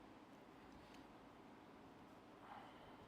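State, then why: Not seated. A small fitting carried over from the old motorcycle transmission top cover is handled and held to a new aftermarket Trask transmission top cover. Only steady broadband background noise is heard, with a faint brief tone near 2.5 seconds. Nothing has seated or clicked yet.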